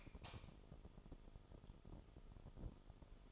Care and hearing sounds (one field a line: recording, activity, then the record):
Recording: daily activity, microphone in the room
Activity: light on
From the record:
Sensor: 5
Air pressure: 988.5 hPa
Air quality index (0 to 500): 210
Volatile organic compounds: 96 ppm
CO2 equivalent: 3731 ppm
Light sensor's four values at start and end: 46/136/53/57 and 47/141/55/59